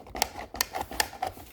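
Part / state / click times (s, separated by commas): battery adapter into power tool battery mount / not seated / none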